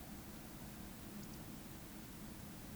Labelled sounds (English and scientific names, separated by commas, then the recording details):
Eurasian Woodcock (Scolopax rusticola) whistle
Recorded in Baden-Württemberg, Germany, on 14 May 2021 at 19:45 UTC
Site 25175, 602 m above sea level